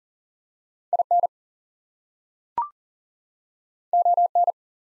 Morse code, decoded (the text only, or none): IN ON